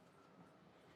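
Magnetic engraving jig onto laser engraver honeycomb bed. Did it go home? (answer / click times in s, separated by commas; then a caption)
no / none. A magnetic jig that holds bottle openers is being set onto the metal honeycomb bed of a WECREAT 40W laser engraver, where its magnets pull it down. Only a low, steady handling noise is heard with no sharp hits. Nothing has seated or clicked yet.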